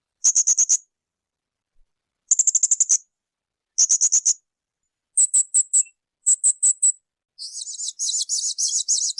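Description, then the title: Spiderhunter song: quick stuttering runs of piercing high notes, several spaced bursts, then a rough buzzy trill at the end. Continuous, clear, long-running song (gacor); intended as a tutor recording for birds. "Pijantung Gunung Gacor Jernih Panjang"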